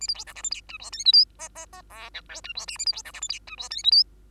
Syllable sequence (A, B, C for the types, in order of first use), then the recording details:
A B C D E F G H I J K L M M M N O P H I Q A B C D E F G H I J K L. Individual Bird2